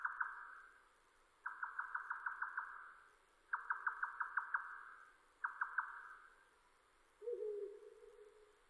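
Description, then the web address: Grey nightjar song: four bursts of rapid knocking pulses, each up to about a second long, followed by a lower, hollow sound at the end. Recorded on 7 May 2005. "2005 050507 yotaka"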